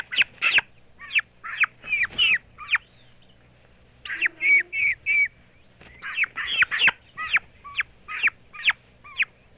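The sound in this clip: Turkey chicks peeping, high downslurred notes in irregular bursts separated by short pauses.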